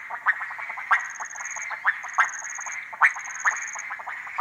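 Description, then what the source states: Frogs calling: a dense chorus of rapid clicking and croaking notes, with irregular louder pulses and a high, rapid insect-like trill recurring throughout. Frogs at small ponds and puddles in humid Harenna Forest cloud forest, calling day and night; overcast, hot, muggy afternoon with birds mostly quiet; Sony PCM D100.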